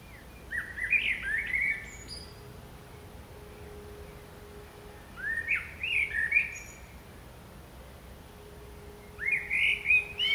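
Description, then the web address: Common blackbird song: three rich warbled phrases, each closing in a high scratchy twitter, separated by pauses of about three seconds. "SETE Turdus merula"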